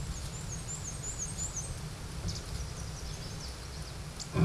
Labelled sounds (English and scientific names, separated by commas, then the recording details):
Black-and-white Warbler (Mniotilta varia) song
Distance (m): 25 m
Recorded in a Pennsylvania forest on 17 May 2023 at 13:08
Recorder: AudioMoth, point grid1_8_low
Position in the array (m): 99 m, 103 m